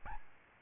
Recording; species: mosquito wingbeat signal from an infrared sensor; Aedes albopictus